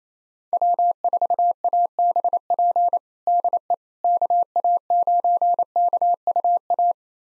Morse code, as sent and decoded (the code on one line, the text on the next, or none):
.-- ....- .- -... .--. / -.. . / -.- .- ----. -.- ..- .-
W4ABP DE KA9KUA